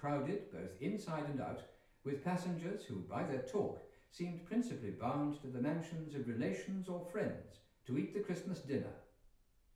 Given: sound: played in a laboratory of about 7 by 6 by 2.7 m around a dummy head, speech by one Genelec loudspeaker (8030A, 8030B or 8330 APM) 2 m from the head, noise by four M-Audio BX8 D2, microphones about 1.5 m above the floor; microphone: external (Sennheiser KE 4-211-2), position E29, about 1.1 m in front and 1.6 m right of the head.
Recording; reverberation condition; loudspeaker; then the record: male speech in English; medium; 150 degrees to the left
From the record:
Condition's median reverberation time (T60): about 510 ms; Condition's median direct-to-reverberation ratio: about -0.5 dB